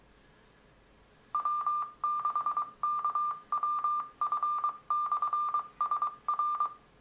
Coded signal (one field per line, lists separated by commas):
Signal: Morse code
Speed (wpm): 22 wpm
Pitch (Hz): 1190 Hz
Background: none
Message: W6KWF/SR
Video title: Two Way Radio Simplex Repeater